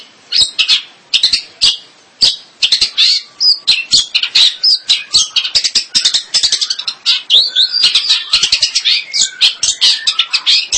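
Bird song of rapid high chirps and sharp squawky notes in quick bursts, almost unbroken throughout, with a few short pauses.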